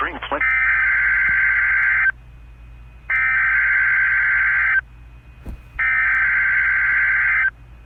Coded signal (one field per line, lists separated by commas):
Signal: Emergency Alert System (SAME) tones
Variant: header bursts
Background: speech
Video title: (EAS#56) Tornado Watch#410